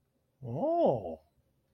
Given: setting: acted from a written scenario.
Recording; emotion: vocal sound without words; interest